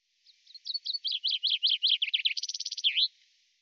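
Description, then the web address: Bird song: a series of high notes that begins softly, grows louder, speeds into a faster run and closes with a slurred note. "birddata Deverinetal 2025 Bird Fr Co"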